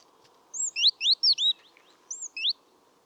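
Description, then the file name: Great tit calls: a quick run of high, sharply slurred chirping notes, some rising and some falling, in two bursts with a short gap, over a faint steady hum. "Parus major"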